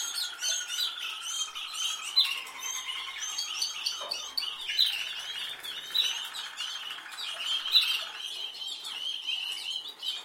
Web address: Golchin Best Canari Seda Canari. Niyaz Music)